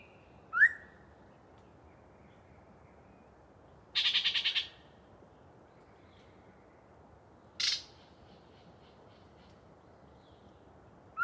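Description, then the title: Yellow-breasted chat song, isolated phrases spaced by long pauses: a sharp upslurred whistle, a harsh rattling burst, then scratchy notes. Pre-dawn, a particularly chatty bird giving a long soliloquy from deciduous cover. "A Very Chatty Yellow-breasted Chat"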